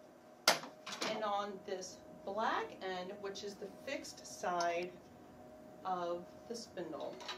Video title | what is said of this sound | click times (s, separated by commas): HP Designjet Z6200 - Loading Media and Color Calibration | snap into position on both sides here and on | 0.5 s